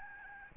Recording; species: mosquito wingbeat signal from an infrared sensor; Aedes albopictus